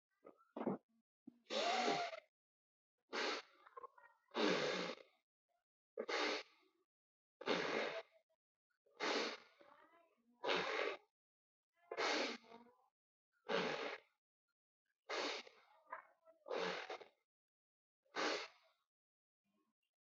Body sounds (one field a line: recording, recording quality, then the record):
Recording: deep breathing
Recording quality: moderate, slight background noise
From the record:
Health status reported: healthy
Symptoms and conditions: none ticked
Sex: male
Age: 28 years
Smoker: not ticked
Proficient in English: yes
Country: India